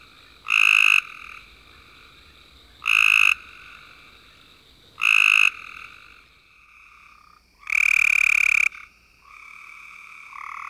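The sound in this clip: Cope's gray treefrog calling with four loud, raspy trills spaced roughly two to three seconds apart, the last one longer, with softer trills in between.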